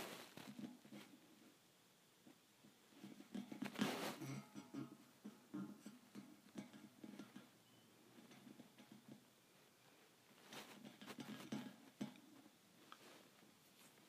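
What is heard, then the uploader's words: Thin metal bars are tapped in quick, irregular clusters, with bright ringing clicks peaking near four, eleven and twelve seconds over soft low rumble. ASMR Tapping Thin Metal Bars.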